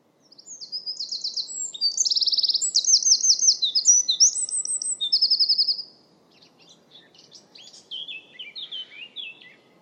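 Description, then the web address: Bird singing a bright, high, fast song of buzzy trills and sharp chirps for about six seconds, then softer scattered twittering notes. "Deverinetal 2025 File origin Bird Only"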